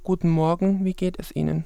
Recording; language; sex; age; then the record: spoken sentence; German; male; 30 to 39 years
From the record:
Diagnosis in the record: mutational falsetto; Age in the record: 33 years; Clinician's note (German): Persistierend, wobei auffallende Diskrepanz zwischen spontaner Sprechstimme und stroboskopischem Bild (o.B.), hier deutlich tiefere Lage